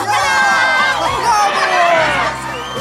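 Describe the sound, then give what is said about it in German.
A circus audience cheers excitedly, jumping from their seats, a dense wash of overlapping shouts, whoops and high-pitched voices, loud and sustained throughout before easing slightly at the end. “Das Publikum sprang vor Begeisterung von den Sitzen.”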